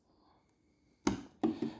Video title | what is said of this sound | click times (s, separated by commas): Building my first PC with Ryzen 5 3600 and RTX 3060Ti | until you hear this satisfying click and that's it | 1.1 s, 1.4 s